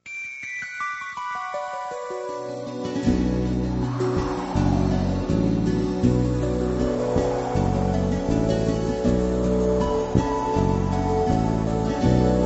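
A song's instrumental opening, played during a program break: a rising, swelling tone for the first few seconds, then full, steady chords with a regular rhythmic pulse, played loud and without any voices.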